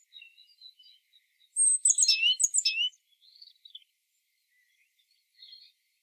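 Great tit calls: a burst of high, sharply descending whistled notes lasting about a second, with faint scattered chirps before and after.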